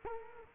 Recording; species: mosquito wingbeat signal from an infrared sensor; Culex quinquefasciatus